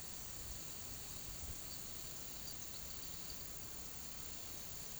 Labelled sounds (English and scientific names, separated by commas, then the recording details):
none
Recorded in pastures near Puerto Asís, Putumayo, Colombia, on 8 March 2025 at 16:30
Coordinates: 0.486, -76.323
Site G075